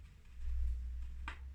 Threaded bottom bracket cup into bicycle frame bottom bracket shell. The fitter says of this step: once you feel that click that should be the rigs engaged and you can start tightening and